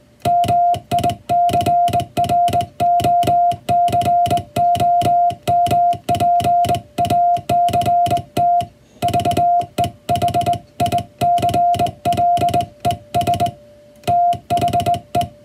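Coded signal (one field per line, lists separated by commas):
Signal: Morse code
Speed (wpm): 20 wpm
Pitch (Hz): 700 Hz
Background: music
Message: MICROCOMPACT VEHICLES THE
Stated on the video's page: Morse code receive practice of the kind used for the radiotelegraph operator exam, recreating ship-to-coast-station telegraph traffic.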